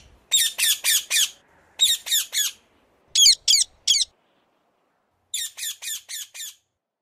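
Parrot squawking: shrill, harsh squawks in rapid runs of three to five, with short pauses between the runs, in a quiet setting.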